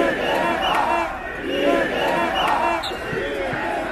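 A crowd of Stuttgart 21 protesters in Stuttgart, Baden-Württemberg, shouts together in loud, overlapping waves of voices, rising and falling in rough bursts with a few sharp calls standing out from the din.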